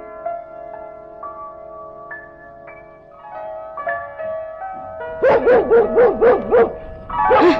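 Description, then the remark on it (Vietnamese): In a 1974 Vietnamese cải lương opera recording, a soft, steady melody of sustained tones plays, then a dog breaks in with a quick string of about six loud, high-pitched barks, followed by one more bark after a short pause. “Đừng có sủa nữa, sủa hoài ta sốt ruột quá rồi đó.”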